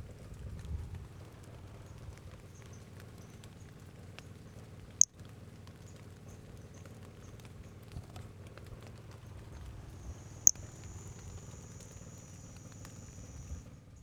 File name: Brachycephalus albolineatus individual 06 example 02 unvouchered